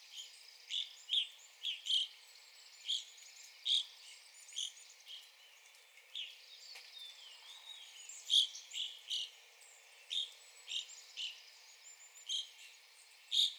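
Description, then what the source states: Evening grosbeak calls, many short bright notes at uneven intervals. Recorded 9 April 2021.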